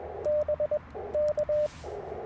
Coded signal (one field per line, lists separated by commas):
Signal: Morse code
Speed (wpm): 21 wpm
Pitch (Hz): 600 Hz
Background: radio noise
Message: BK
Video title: Morning Morse Code - 1/10/24